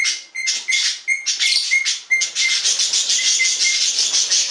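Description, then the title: Budgerigar chatter, continuous buzzy warbling with a clear short whistle repeated several times through it. "Budgie Sounds"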